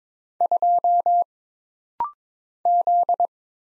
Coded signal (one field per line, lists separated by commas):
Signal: Morse code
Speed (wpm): 22 wpm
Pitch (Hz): 700 Hz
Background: none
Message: 2 Z